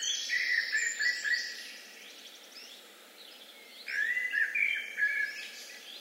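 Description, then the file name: Eurasian blackbird song: two mellow warbled phrases separated by a quiet gap, each mixing low fluting notes with thin high twitters. "Turdus merula"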